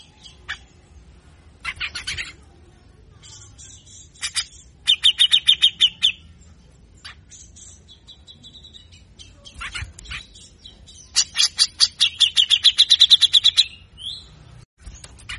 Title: MASTERAN CUCAK JENGGOT GACOR FULL BESETAN KASAR DURASI PANJANG !!!. Cucak Jenggot Gacor Ngotot Ampuh Pikat Suara Cucak Jenggot Malas Bunyi